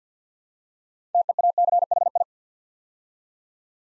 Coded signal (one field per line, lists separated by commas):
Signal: Morse code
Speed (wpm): 50 wpm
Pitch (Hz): 700 Hz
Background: none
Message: TEACHI